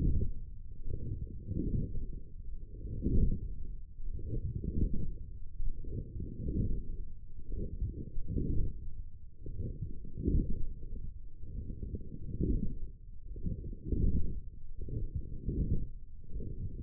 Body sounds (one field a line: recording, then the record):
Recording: forearm muscle sounds (acoustic myography)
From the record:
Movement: forearm pronation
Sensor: system 1, eight BSWA MPA416 microphones around the upper forearm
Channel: 3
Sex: male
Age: 21 years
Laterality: right